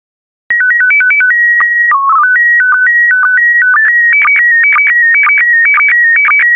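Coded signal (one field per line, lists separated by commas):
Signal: SSTV (slow-scan television)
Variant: PD120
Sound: clean electronic tone hopping between pitches, then a steady rhythmic chirping scan with short low blips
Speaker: get ready starting transmission in 5 4 3 2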